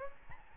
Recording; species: mosquito wingbeat signal from an infrared sensor; Aedes albopictus